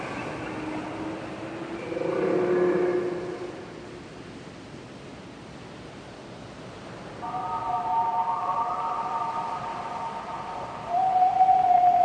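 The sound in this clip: Whale moans: a low wavering tone early on, a quieter gap, then higher drawn-out tones and a final high tone near the end.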